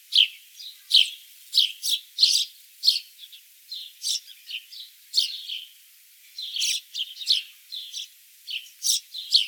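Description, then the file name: House sparrow chirping steadily, a dense run of bright, repeated chirps with short pauses. "Passer domesticus"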